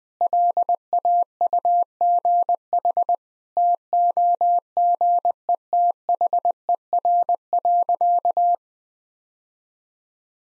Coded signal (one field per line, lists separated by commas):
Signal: Morse code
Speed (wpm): 20 wpm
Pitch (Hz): 700 Hz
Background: none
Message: LAUGH TOGETHER.